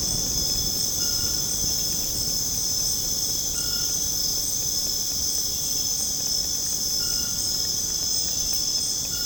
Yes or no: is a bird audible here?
no